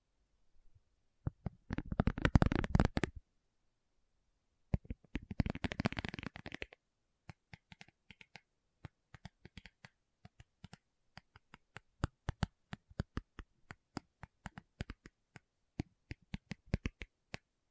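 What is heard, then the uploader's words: Tapping starts in two dense, rapid bursts near two and six seconds, then continues as sharp, irregular single taps through the end. ASMR 1 Hour Tapping Session (No Talking).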